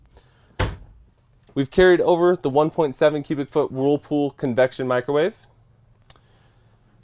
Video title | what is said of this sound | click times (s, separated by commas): All new 2024 Newmar Mountain Aire 3825 | so full extension push it in a little bit farther and it locks into place | 0.6 s